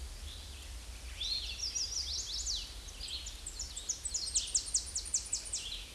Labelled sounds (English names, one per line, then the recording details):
Chestnut-sided Warbler song
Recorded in a Pennsylvania forest on 18 May 2023 at 09:05
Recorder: AudioMoth, point grid1_17_low
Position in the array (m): 146 m, 196 m